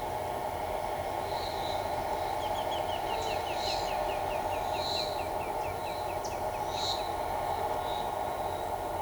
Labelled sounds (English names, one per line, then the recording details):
Pale-legged Hornero
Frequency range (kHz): Pale-legged Hornero 2.1-3.5 kHz
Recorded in shrubland near Pivijay, Magdalena, Colombia, on 16 April 2023 at 16:00
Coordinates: 10.453, -74.365
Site P5-G022